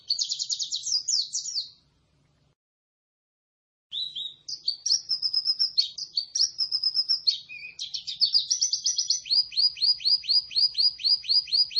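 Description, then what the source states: White-eye giving a buzzy trill, falling silent for about two seconds, then resuming with varied twittering that speeds into a rapid series of repeated chirps. Lively, sustained singing described by the local term gacor.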